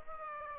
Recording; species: mosquito wingbeat signal from an infrared sensor; Aedes aegypti